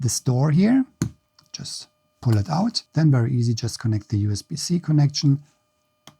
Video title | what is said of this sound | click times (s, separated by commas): DJI Mic Mini vs Mic 2 vs Lav — The One I’d Actually Use on a Bike | Push it inside until you hear this click, and then the adapter is connected. | 6.1 s